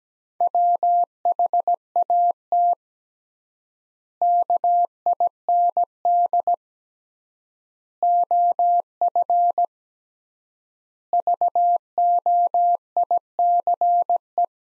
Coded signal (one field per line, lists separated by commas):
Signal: Morse code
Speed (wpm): 17 wpm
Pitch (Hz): 700 Hz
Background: none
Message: WHAT KIND OF VOICE